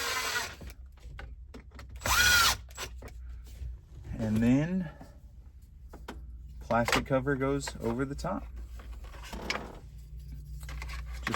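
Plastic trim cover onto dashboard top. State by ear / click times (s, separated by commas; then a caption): seated / 11.3 s. A plastic trim cover is pushed down onto the dashboard top of a Ford Transit 250/350 during reassembly after removing the stereo/climate control panel. Someone talks, with a drill whirring and tool sounds. The cover snaps into place with two sharp clicks at 11.3 s and 11.3 s.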